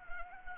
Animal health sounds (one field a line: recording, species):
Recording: mosquito wingbeat signal from an infrared sensor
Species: Anopheles arabiensis